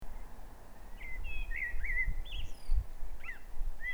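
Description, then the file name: Common blackbird calls: a quick series of short whistled, slurred notes, some rising and some falling, with low rumbling noise throughout. "Turdus merula"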